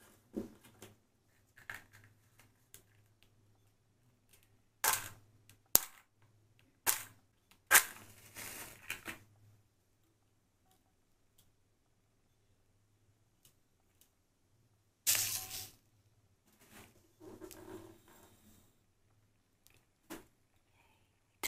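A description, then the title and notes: A match is struck and put out amid scattered small taps and clicks. Sharp hissing bursts come around 5, 8 and 15 seconds, the last the loudest, each trailed by brief soft crackle. A low, steady hum sits underneath through the first half. Match Lighting Extinguishing. Fire Crackling. Tapping. Candles.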